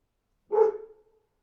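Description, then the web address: Dog gives a single short bark with a trailing tail. "animals dog barking"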